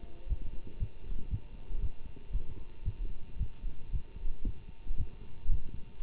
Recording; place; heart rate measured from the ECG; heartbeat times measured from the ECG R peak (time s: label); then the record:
heart sounds by stethoscope; between the tricuspid and mitral areas; 115 bpm
0.28 s: heartbeat
0.79 s: heartbeat
1.30 s: heartbeat
1.81 s: heartbeat
2.32 s: heartbeat
2.84 s: heartbeat
3.38 s: heartbeat
3.91 s: heartbeat
4.44 s: heartbeat
4.97 s: heartbeat
5.49 s: heartbeat
6.02 s: heartbeat
From the record:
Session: Bruce protocol treadmill stress test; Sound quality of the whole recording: good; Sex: male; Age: 24 years